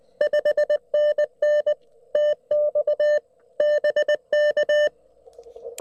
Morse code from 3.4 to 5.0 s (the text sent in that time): BK